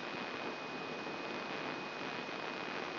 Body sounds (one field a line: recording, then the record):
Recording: brain microelectrode recording played as sound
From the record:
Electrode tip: inside the subthalamic nucleus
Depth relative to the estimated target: 1 mm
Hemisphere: right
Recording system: AlphaMap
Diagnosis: Parkinson's disease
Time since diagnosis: 24 years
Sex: female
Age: 57 years